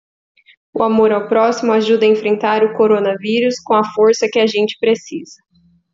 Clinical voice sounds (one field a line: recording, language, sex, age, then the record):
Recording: spoken sentence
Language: Brazilian Portuguese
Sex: female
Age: 30 to 39 years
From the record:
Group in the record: control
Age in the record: 34 years